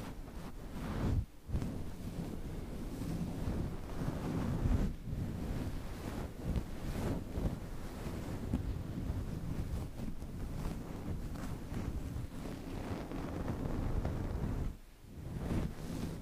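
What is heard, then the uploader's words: Wind rumbles against a fluffy mic cover in a steady, dense roar weighted toward the low end, with gusty buffeting throughout. Brief dips in the noise come near 1, 5 and 15 seconds. A surf-like wash runs underneath the whole time. Fluffy Mic Cover NO TALKING.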